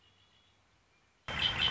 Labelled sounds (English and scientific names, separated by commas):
Red-winged Blackbird (Agelaius phoeniceus)